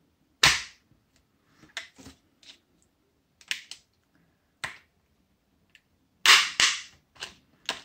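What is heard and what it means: The two plastic halves of a laptop battery pack are pried apart along the seam to reach the 18650 cells inside. Sharp clicks and snaps ring out at about 0.4, 1.8, 3.5, 4.7, 6.6 and 7.7 seconds, separated by quieter crackles. Each one is a clip or bond letting go as the case opens.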